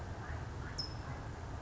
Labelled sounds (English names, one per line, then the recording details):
California Towhee
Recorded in Sonoma County, California